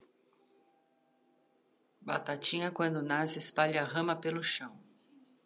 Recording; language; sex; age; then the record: short text; Brazilian Portuguese; female; 40 to 49 years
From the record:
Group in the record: control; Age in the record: 48 years